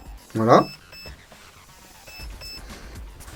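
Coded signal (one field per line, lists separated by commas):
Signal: none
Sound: airsoft gun's mode beeps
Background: speech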